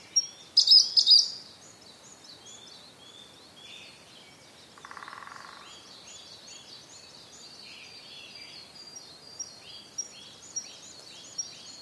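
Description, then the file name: Siberian blue robin song: a brief, loud, high burst of rapid notes near the start, then a steady wash of other high bird calls. "koruri"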